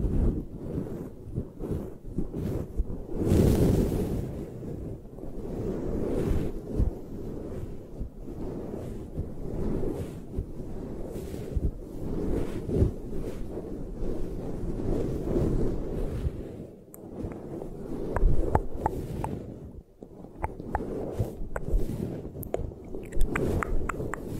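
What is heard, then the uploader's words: An eye massage, heard as steady, muffled rubbing and brushing that stays low and dense throughout. A loud, rushing swipe stands out near the four-second mark, and from about seventeen seconds on, scattered sharp clicks and light taps cut through the soft friction. 3D Eye Massage.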